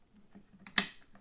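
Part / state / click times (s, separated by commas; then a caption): metal needle plate into sewing machine bed / seated / 0.8 s. A metal needle plate is lined up on a White Model 510 sewing machine, numbers facing the user and the longer tension clip on the right, and pressed down into the machine bed. Over a low steady hum, a small tick at 0.7 s precedes a sharp, bright click at 0.8 s that rings briefly before fading. The needle plate snaps into place and is seated.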